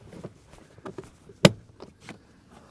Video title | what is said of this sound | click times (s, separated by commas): LASFIT Floor Mats Review & Installation - 2019-2024 RAM 1500 Series | Click into place. | 1.4 s